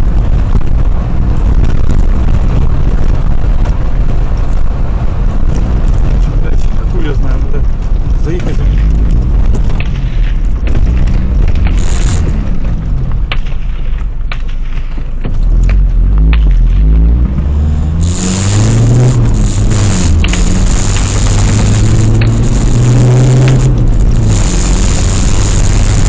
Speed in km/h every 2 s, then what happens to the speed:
64, 67, 66, 47, 37, 30, 25, 9, 13, 28, 41, 51, 59.
4-14 brakes to 9. 14-26 speeds up to 59.